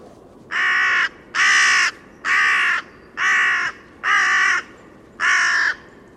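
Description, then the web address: Bird uttering six loud, raspy caws at an even pace, roughly one every second, with little else audible. "Bird Only"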